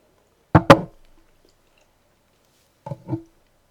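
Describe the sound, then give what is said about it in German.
Two short pairs of crisp, crunchy chewing bites, each pair a quick double crunch, separated by a couple of seconds of near silence. “Da muss man auch kauen, du.”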